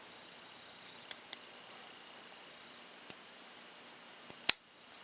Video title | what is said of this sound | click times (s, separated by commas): First Look At Old Timer Schrade 2 Piece Combo With Tin Set Sold By Sports Academy | there you go i know you heard it that time | 4.5 s